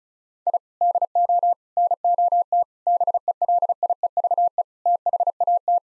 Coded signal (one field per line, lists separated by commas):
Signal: Morse code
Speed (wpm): 36 wpm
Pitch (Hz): 700 Hz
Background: none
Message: I DO NOT BELIEVE THAT